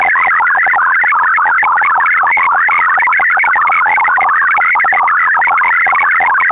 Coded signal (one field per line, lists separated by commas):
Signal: multi-tone FSK (Olivia or MFSK type)